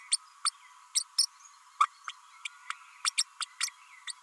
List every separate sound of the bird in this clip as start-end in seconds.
0.11-0.17, 0.45-0.50, 0.95-1.03, 1.18-1.26, 1.80-1.89, 2.08-2.11, 2.45-2.47, 3.04-3.10, 3.17-3.23, 3.40-3.45, 3.60-3.69, 4.07-4.12